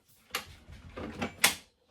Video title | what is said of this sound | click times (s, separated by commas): WE BOUGHT (ANOTHER) THING TO TRY- feat. Nat! - CARLA JENKINS | There's the click. | 1.4 s